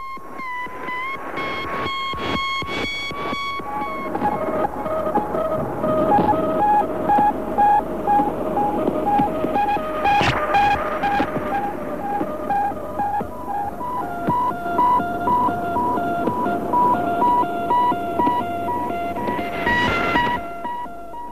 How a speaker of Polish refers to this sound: A oto sygnały wysyłane przez stacje nadajnikowe sztucznego satelity, odebrane po raz pierwszy dzisiaj rano przez nasłuch Polskiego Radia.